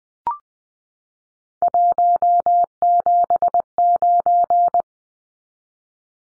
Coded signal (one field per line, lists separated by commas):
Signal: Morse code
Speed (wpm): 20 wpm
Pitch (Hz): 700 Hz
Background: none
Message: 179